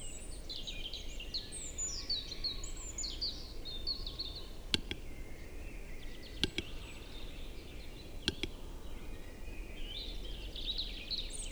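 A spring forest during the capercaillie lek, filled with a dense, overlapping chorus of high, bright birdsong throughout. Sharp, dry clicks stand out near five, six and a half, and eight seconds, over a steady low rushing background.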